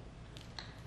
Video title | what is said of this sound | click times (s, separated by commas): Argon Backpurge Kit For The Creator Framebuilding Fixture - In Depth Install | and get this looking nice and clean once we have these snapped into place | 0.4 s, 0.6 s